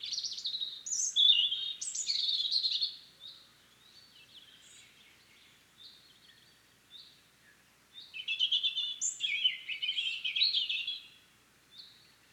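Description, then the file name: European robin delivering two bursts of varied, high warbling song with sharp thin whistles and trills, separated by a few seconds of soft, faint notes. "Erithacus rubecula"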